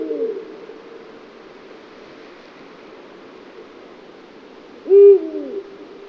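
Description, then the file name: Eurasian eagle-owl giving a single deep, short hoot near the end, with a fainter hoot at the very start over steady low hiss. "hubro"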